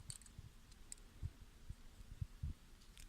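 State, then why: Not seated. An XLR cable plug is handled at the bottom of a BM800 condenser microphone, being pushed on toward its locking latch. Light plastic ticks come near the start, at about 0.9 s and near 3.0 s, with soft low handling thumps in between. Nothing has seated or clicked yet.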